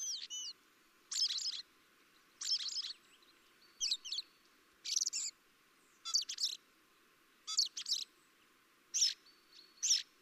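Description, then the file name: Common blackbird giving short bursts of high, scratchy twittering notes, with quiet pauses between bursts. "Turdus merula"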